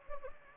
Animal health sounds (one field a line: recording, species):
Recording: mosquito wingbeat signal from an infrared sensor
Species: Anopheles gambiae